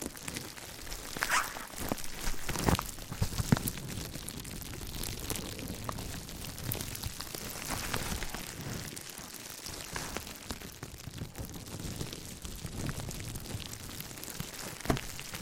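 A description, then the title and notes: Slow, gentle crinkling fills the clip with a dense, rustling texture that stays fairly even in loudness. Brief sharper crackles stand out near the start, around two to four seconds, and again at the very end, over a soft low rumble. ASMR Slow & Gentle Crinkle Triggers. (No Talking).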